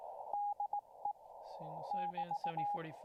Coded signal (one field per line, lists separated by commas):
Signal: Morse code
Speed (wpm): 18 wpm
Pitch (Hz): 820 Hz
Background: speech, radio noise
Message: DE <BT>